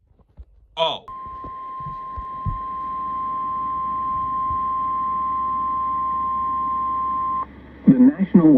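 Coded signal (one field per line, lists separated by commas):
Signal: Emergency Alert System (SAME) tones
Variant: 1050 Hz attention tone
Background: speech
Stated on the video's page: Real EAS alerts compiled from a severe weather outbreak in the Mid-Atlantic.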